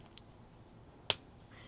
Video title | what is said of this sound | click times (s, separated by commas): 2026 Reading Journal Update for February ✨ 📖✨ Includes Flip Through & Planning! 💜 | See, they make that clicking sound. | 1.1 s